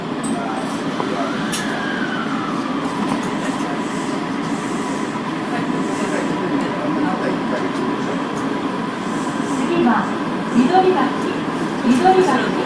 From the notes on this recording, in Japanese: 大阪市営地下鉄時代の今里筋線の全区間走行音